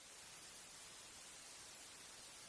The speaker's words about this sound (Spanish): El ruido blanco es una señal aleatoria en la que todas las frecuencias tienen la misma intensidad. Ninguna es más alta que la otra, ninguna sobresale.